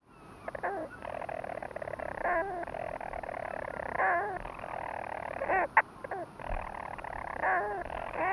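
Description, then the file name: European storm petrel purring in a low, rasping churr, interrupted by a few short sharp hiccups and a loud click about two-thirds of the way through. "Storm Petrel (Hydrobates pelagicus)"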